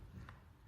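A reoriented silicone ear tip is pushed onto a wireless earbud, and at 0.3 s a short, sharp snap cuts through a low background rumble. The tip snaps into place and is seated.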